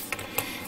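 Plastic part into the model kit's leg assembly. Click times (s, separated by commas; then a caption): 0.4 s. A plastic part is slid into the leg assembly of an MG Full Armor Unicorn Gundam model kit. A faint tick sounds at 0.1 s, then a sharp, bright snap at 0.4 s as the part seats in place.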